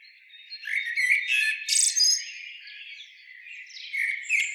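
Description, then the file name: Common blackbird song, dense high twittering with a loud scratchy note near the middle and softer chirps after it. "Turdus merula"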